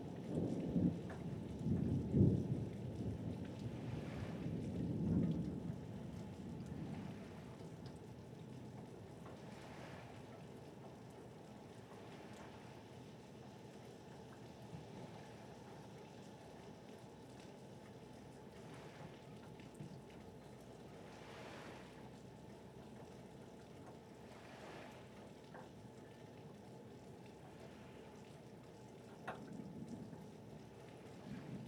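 Thunder rumbles low and heavy in the first six seconds, then fades into a steady wash of rain and harbor waves. Soft surges of water rise and fall every few seconds, and a brief low rumble returns near the thirty-second mark.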